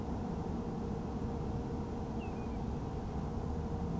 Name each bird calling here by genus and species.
Tringa totanus